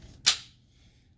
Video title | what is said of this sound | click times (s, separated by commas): Load Paper on Canon 4000s Spindle | you're simply just gonna place this in here push it down into you hear it click | 0.3 s